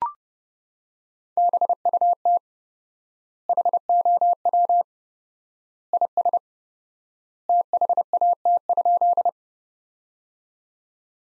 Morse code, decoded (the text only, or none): BUT HOW IS THAT?